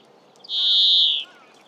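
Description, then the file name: European greenfinch producing a single harsh, nasal wheeze lasting under a second, steady in pitch, with faint background hiss. "Chloris chloris"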